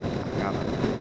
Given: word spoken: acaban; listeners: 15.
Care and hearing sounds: one Spanish word in noise, from a listening test; noise modulated by three-talker babble; -6.6 dB; 2 of 15; 6 of 15; 0.61 s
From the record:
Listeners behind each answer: 6, 2, 2, 1, 1, 1, 1, 1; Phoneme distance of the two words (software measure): 7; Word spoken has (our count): 3 syllables, 6 phonemes, stress on syllable 2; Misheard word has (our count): 3 syllables, 5 phonemes, stress on syllable 2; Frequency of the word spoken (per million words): 18.02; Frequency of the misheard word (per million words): 65.65

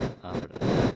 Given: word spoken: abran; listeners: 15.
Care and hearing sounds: one Spanish word in noise, from a listening test; noise modulated by one talker; -12.4 dB; 1 of 15; 9 of 15; 0.56 s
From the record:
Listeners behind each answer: 9, 2, 1, 1, 1, 1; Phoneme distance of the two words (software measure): 7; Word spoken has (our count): 2 syllables, 5 phonemes, stress on syllable 1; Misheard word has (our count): 2 syllables, 4 phonemes, stress on syllable 1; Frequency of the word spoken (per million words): 3.06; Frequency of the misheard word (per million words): 6.88

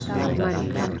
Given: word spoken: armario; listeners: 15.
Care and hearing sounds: one Spanish word in noise, from a listening test; eight-talker babble; -2.8 dB; 2 of 15; 8 of 15; 0.60 s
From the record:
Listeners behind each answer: 8, 2, 1, 1, 1, 1, 1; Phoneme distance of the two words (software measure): 7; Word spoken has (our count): 3 syllables, 7 phonemes, stress on syllable 2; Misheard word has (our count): 3 syllables, 8 phonemes, stress on syllable 2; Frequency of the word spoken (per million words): 10.16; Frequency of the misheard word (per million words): 2.77

